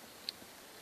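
A lead from a new flyback transformer is pushed down into a spring-lock push-in terminal hole on the chassis board of a DDR Supernova 2 monitor. A sharp click at 0.3 s shows the wire seating and locking in place, followed by a fainter tick at the very end.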